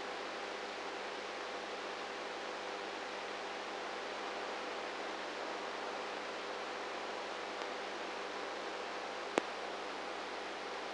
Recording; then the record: brain microelectrode recording played as sound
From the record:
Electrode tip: inside the subthalamic nucleus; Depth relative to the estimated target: -3 mm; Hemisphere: right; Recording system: NeuroSet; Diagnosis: Parkinson's disease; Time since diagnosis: 19 years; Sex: female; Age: 58 years